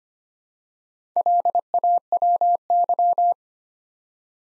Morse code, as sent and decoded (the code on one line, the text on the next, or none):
.-.. .- .-- -.--
LAWY